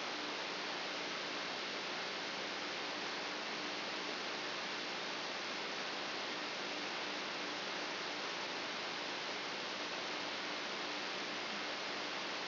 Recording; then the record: brain microelectrode recording played as sound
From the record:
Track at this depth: inside the subthalamic nucleus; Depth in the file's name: 2.434 mm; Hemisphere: left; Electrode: 3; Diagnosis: Parkinson's disease